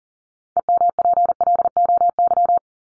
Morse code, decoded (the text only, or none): EMPLOY